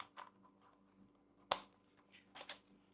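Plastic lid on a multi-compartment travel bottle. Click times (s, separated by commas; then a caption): 1.5 s. A plastic lid on a multi-compartment travel bottle, whose liquid compartments have been filled, is closed and pressed until it locks with one sharp click at 1.5 seconds, standing out against quiet low hum and a few soft handling taps. Afterward, the lid turns once it is locked.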